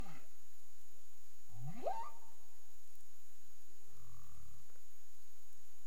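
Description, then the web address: Cetacean vocalisation: one sharp upward-sweeping whoop, faint thin tonal traces, then a short low grunt, over a constant high-pitched electronic whine. Recorded off Bermuda on 30 April 2021 at 02:35 UTC; labelled as clicks. "CARIMAM. BERMUDE 20213004 02 h 35 clic"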